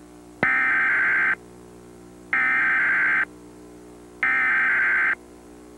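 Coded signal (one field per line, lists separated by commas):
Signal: Emergency Alert System (SAME) tones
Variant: header bursts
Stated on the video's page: Emergency Alert System test aired on a CBS television station between commercials.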